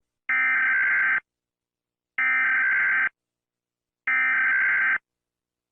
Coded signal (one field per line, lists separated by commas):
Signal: Emergency Alert System (SAME) tones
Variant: header bursts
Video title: Eas Scenario #1: Sans The Murderer